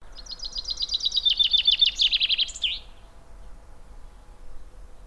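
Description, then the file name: Common chaffinch song: one fast, rattling cascade of high notes ending in a short flourish, followed by two seconds of near silence. "Fringilla coelebs"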